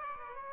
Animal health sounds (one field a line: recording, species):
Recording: mosquito wingbeat signal from an infrared sensor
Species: Aedes aegypti